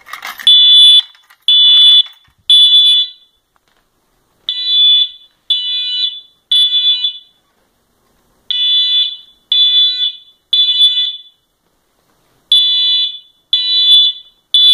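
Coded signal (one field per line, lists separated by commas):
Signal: alarm pattern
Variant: Wheelock multi-tone horn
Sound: buzzy horn blasts in groups of three, about 1.5 s pause, repeating four times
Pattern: temporal three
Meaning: Temporal-three pattern signals building evacuation for fire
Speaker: ok now we're going to try it on the 500 Hertz code three tone here we go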